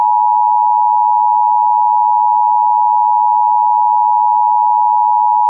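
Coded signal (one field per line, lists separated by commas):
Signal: Emergency Alert System (SAME) tones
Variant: 853 and 960 Hz attention tone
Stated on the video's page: Required Monthly EAS Test aired on a Pennsylvania TV station.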